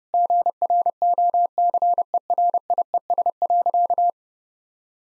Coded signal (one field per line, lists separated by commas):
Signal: Morse code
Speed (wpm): 30 wpm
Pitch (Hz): 700 Hz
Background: none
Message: GROCERIES.